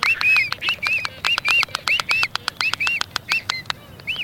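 Albatross display with rapid bursts of dry bill clacks mixed with short arched, nasal calls, repeated irregularly throughout.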